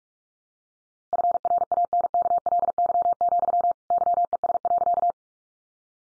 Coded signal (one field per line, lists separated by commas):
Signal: Morse code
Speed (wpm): 44 wpm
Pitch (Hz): 700 Hz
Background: none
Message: FRANKLY, YES.